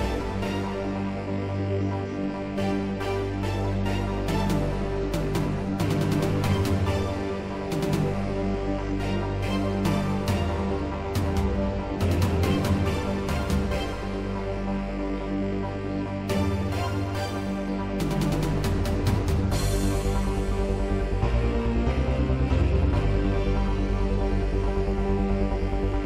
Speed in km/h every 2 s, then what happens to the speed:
116, 119, 122, 127, 132, 135, 135, 135, 134, 127, 124, 122, 121.
0-10 speeds up to 135. 10-26 slows to 121.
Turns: none.